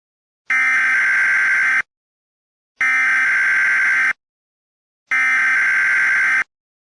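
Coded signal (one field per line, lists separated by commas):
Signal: Emergency Alert System (SAME) tones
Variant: header bursts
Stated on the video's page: Fictional recreated EAS scenario.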